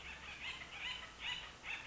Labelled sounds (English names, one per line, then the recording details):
Acorn Woodpecker
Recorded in Sonoma County, California